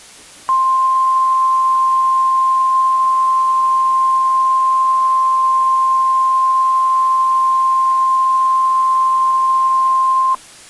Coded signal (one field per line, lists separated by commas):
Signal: Emergency Alert System (SAME) tones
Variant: 1050 Hz attention tone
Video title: EAS Mini Scenario – December 32nd 2020